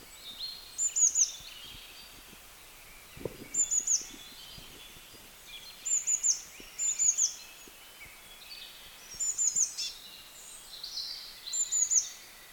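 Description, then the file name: Eurasian blue tit giving very high, thin call notes in quick clusters of a few notes, repeated every few seconds over a steady background hiss. "Cyanistes caeruleus"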